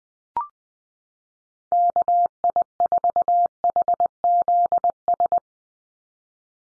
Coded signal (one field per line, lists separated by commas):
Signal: Morse code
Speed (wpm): 20 wpm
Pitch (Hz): 700 Hz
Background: none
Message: KI4HZS